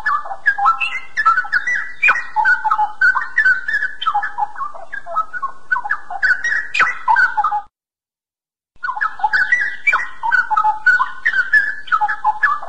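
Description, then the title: Bird song: continuous varied whistled and chattering phrases in the mid range, broken by a silence of about a second, then resuming. "SuaraBurung Kicau2"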